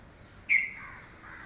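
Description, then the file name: Red-vented bulbul call, one abrupt chirp that trails off, with faint softer notes following. "Pycnonotus cafer - Red-vented Bulbul"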